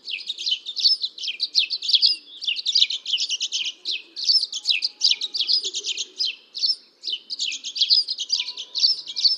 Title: Dead Sea Sparrow (Passer moabiticus)